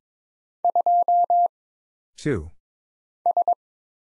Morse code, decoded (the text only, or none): 2 S